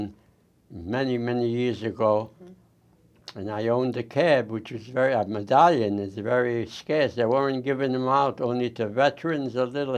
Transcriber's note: none